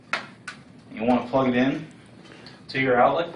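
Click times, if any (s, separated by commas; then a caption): 0.1 s. A removable plug insert is slid back into the body of a phone adapter's power supply and clicks into place at 0.1 s, seating it to ensure a good connection. A second sharp tap follows at about 0.5 s, and then someone talks.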